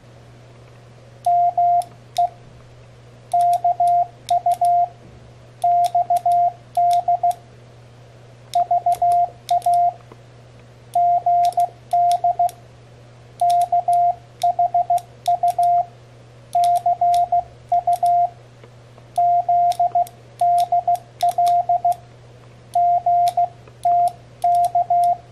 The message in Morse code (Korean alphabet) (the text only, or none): 마 이 크 로 스 위 치 특 성